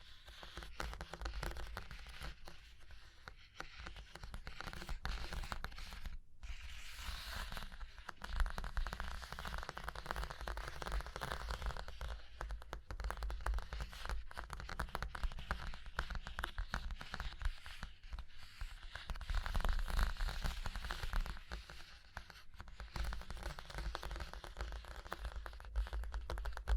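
Tapping, scratching and tracing on a surface, with dense fine crackling scratches filling the whole clip and a steady low rumble underneath. The texture swells and thins in slow waves, with a brief gap near six seconds and sharper taps scattered throughout.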